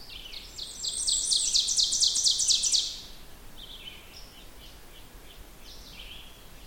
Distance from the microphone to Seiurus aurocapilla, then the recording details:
about 15 m. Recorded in boreal forest in Alberta, Canada, on 16 June 2016 at 08:09. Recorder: SongMeter 3, array SBT-3-32. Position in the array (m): 157 m, 31 m. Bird 36